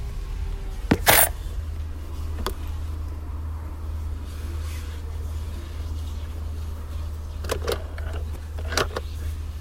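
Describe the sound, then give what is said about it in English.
A car idles with a steady low engine hum while it pulls up to a car wash, broken by a few sharp clicks and thumps at irregular intervals. No one speaks. “Hold on, I'm going to get a car wash.”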